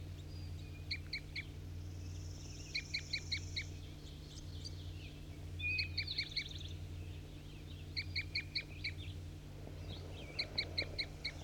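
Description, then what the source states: Crossbill calls: short bursts of rapid, high chip notes, repeated every few seconds, with a brief thin buzz and a low pulsing hum. Bird 4-3 calling while four flock birds (one juvenile, three males) were caught in a net; three females and a red male loafing in a tree seemed to return in response.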